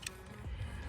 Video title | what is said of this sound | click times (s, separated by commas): BMW F30 PADDLE SHIFTERS RETROFIT | Go ahead and click it. I heard the click again. | 0.1 s